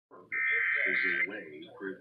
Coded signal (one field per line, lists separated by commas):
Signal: Emergency Alert System (SAME) tones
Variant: header bursts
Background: speech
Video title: Los Angeles Required Monthly Tests (EAS #1146-1169) 6/25/19